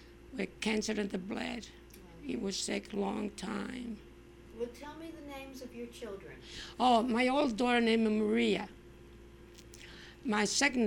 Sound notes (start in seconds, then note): none